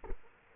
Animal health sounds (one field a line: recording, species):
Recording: mosquito wingbeat signal from an infrared sensor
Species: Culex quinquefasciatus